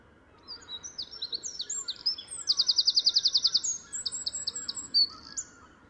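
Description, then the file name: Eurasian wren song: a rapid cascade of high piercing notes with a sharp, evenly pulsed trill in the middle and more jumbled twittering after, over faint steady background noise. "Troglodytes troglodytes"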